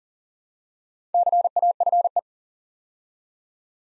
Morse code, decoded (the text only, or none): CAFE